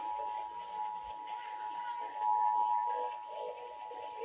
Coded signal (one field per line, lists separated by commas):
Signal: Emergency Alert System (SAME) tones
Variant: 853 and 960 Hz attention tone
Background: speech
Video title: Y'ALL KNOW THE DRILL AT THIS POINT. Broadcast Radio/TV EAS: Required Monthly Test (EAS #680-685)